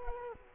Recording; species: mosquito wingbeat signal from an infrared sensor; Culex quinquefasciatus